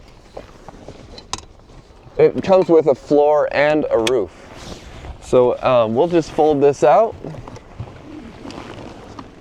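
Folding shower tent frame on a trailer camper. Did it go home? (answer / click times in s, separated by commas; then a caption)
no / none. A folding shower tent frame on a trailer camper is handled while someone talks, with a few soft knocks and one sharp tap near 1.3 s before the speech and a few light taps near the end. Nothing has seated or clicked into place yet.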